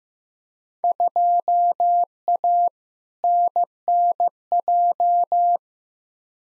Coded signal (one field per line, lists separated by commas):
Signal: Morse code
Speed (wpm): 15 wpm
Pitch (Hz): 700 Hz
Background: none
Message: 2A NNJ